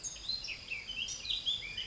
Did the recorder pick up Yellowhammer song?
no